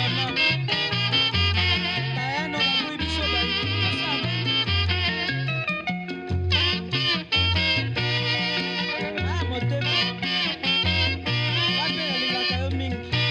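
Congolese rumba plays steadily, with a bouncing bass line stepping between notes under bright, busy guitar melodies and a constant rhythmic pulse throughout.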